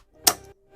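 The release button of a cocked desoldering pump is pressed over molten solder, and the spring-loaded plunger snaps back out of its latch with a loud, sharp click at 0.3 seconds. The click rings briefly with a bright, high tail before fading out, and the pump sucks up the solder in one push.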